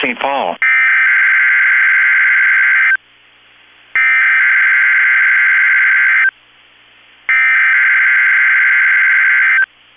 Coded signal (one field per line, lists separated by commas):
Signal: Emergency Alert System (SAME) tones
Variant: header bursts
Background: speech